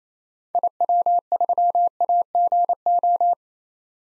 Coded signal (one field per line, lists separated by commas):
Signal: Morse code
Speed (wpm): 28 wpm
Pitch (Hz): 700 Hz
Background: none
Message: IW3AGO